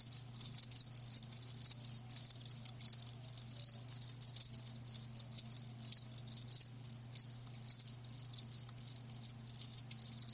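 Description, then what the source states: High-pitched cricket chirping in overlapping bursts, a thick pulsing chorus with a low hum beneath. Live crickets chirping, a lulling song.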